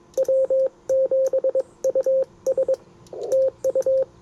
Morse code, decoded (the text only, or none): W7US TU